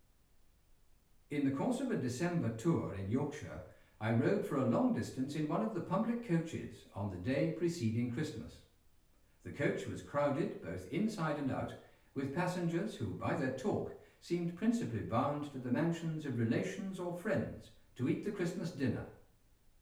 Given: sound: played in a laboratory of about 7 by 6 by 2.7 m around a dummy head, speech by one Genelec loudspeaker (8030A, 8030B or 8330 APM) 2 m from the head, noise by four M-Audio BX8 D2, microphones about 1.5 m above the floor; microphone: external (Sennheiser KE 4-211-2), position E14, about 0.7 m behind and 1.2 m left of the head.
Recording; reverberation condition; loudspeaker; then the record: male speech in English; medium; 60 degrees to the right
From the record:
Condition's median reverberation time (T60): about 510 ms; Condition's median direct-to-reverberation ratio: about -0.5 dB